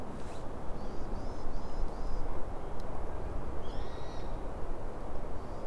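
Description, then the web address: Japanese tit calls: a series of thin high notes, then a louder call, over a constant loud low rumble. Recorded on 4 January 2018. "kotorinomori kotori shijukara"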